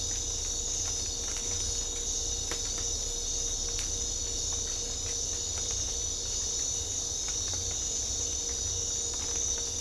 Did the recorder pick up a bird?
no